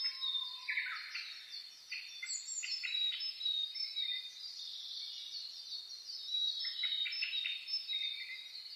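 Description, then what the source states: Birds chorusing, high twittering notes and rapid trills layered over one another, with a lower whistled note at the start and constant overlapping song throughout. Dawn chorus (reimei, saezuri) recorded 10 May 2010.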